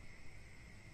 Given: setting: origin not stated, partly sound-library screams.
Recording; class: one-second piece from a danger detection set; normal situation